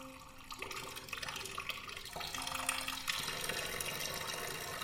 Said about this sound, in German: Wieso kommt so viel Wasser? Das Becken ist erst halb voll. Und es sind 23 Grad. Wieso kommt so viel Wasser?